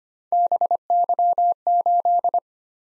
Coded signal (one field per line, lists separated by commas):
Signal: Morse code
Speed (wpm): 25 wpm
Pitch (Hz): 700 Hz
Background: none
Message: BY8